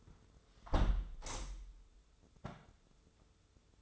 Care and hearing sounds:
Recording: daily activity, microphone in the room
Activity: close window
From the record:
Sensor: 3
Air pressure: 995.7 hPa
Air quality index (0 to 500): 98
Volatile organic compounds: 14 ppm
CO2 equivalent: 2446 ppm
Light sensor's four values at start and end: 28/83/35/30 and 27/83/35/30

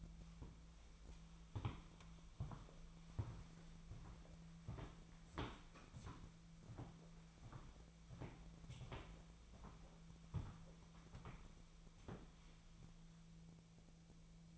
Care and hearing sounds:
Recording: daily activity, microphone in the room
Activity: walk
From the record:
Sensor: 1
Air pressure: 1008.3 hPa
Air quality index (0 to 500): 191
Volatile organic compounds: 17 ppm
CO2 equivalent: 2592 ppm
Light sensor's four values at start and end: 17/42/17/20 and 16/42/17/19

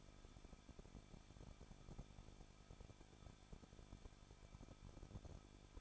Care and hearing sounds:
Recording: daily activity, microphone in the room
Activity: no activity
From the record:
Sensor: 5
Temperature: 20.8 degrees Celsius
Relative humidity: 38.6%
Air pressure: 1006.5 hPa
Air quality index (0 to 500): 191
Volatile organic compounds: 20 ppm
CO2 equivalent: 2702 ppm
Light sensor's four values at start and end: 2/3/1/1 and 2/3/1/1

